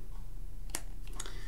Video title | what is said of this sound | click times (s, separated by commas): Vintage Electronics Series: Grundig Dictation Devices | it snaps on right there and clicks into place and then that's the complete recording and | 0.8 s